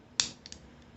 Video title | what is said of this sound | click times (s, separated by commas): viewer response, what to look for in buying a gun for first time gun owners.firearms inspection | And on this one you can hear it click in. | 0.2 s